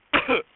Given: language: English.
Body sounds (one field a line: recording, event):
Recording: throat vibration sensor signal played as sound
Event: cough